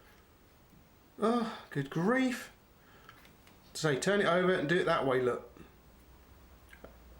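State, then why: Partly seated. Someone talks as a Sanjia K8009 folding knife is turned over and its blade is opened again into the handle lock. Quiet clicks come at 6.7 s and 6.9 s. The blade only loosely locks and can be disengaged very easily, so it is not a true lock.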